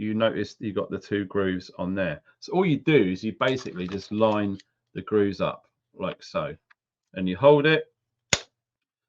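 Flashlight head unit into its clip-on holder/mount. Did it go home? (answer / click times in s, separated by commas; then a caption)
yes / 8.3 s. Someone talks while a flashlight head unit's two grooves are lined up with the clips on its clip-on holder and it is pushed in. A single sharp, loud snap rings out at 8.3 s as the head unit seats in the holder.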